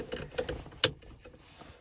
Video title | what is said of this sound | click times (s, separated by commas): Game plan and First drive on the new 240sx!!! | Oh, never mind. It clicks. | 0.8 s